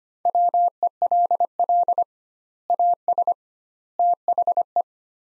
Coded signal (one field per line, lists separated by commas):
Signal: Morse code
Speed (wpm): 25 wpm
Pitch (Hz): 700 Hz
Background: none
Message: WELL AS THE